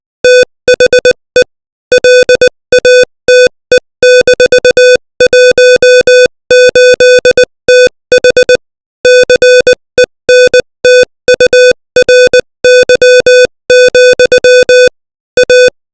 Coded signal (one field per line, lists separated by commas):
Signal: Morse code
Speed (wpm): 20 wpm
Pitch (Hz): 500 Hz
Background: music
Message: THE LATE-18TH CENTURY, A